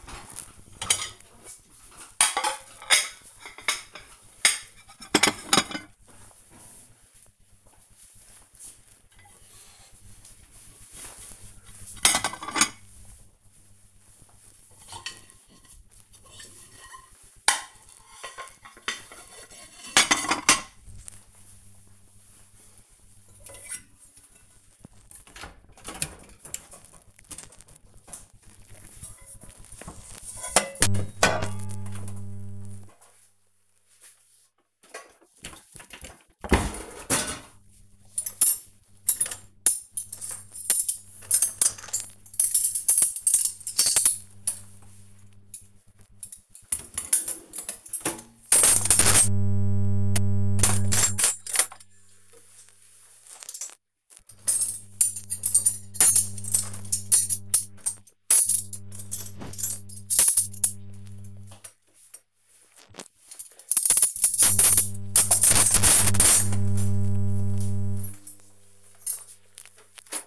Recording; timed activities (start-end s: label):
household activities, microphone on the right wrist
0.00-70.27 s: cleaning out the dishwasher